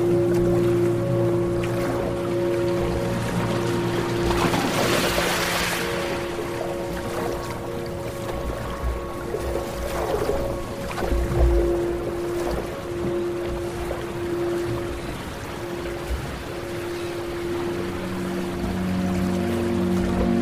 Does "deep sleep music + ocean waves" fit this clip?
yes